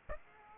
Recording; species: mosquito wingbeat signal from an infrared sensor; Aedes aegypti